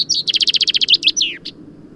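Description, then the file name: Common chaffinch song: a fast run of bright, evenly spaced notes, then a slurred, downward-sweeping flourish and one short final note. "Fringilla coelebs"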